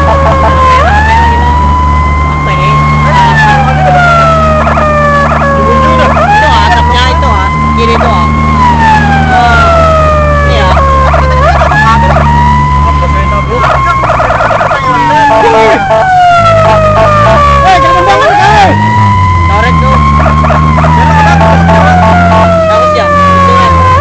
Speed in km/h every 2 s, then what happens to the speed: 64, 63, 65, 64, 66, 60, 58, 37, 38, 36, 43, 47.
0-10 steady at about 64. 10-14 brakes to 37. 18-21 speeds up to 47.